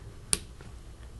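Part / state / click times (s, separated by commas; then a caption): valve/seal part pushed over a cone into an air pistol valve assembly / seated / 0.3 s. A seal or valve part for a Smith & Wesson 78G air pistol, started on a cone tool with its drilled end fitted over it, is pushed down over the cone into the valve assembly, an easier way than spending hours fitting it by hand. It snaps into place with a single sharp click at 0.3 s, followed by a faint softer tick around 0.6 s against low background noise. The part is seated.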